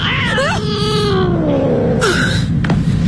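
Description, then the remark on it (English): A cat lets out a long, drawn-out meow that wavers and slides downward in pitch, followed by a shorter, higher cry, all over a steady low rumbling background. “Okay, it's just a cat.”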